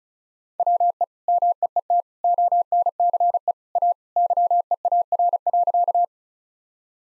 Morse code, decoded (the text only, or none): WE MEET ONCE A YEAR.